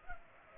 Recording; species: mosquito wingbeat signal from an infrared sensor; Culex pipiens